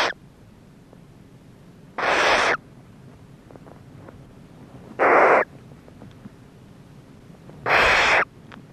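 Barn owl screeching: three rasping, breathy shrieks roughly every three seconds, with the tail of an earlier one at the very start.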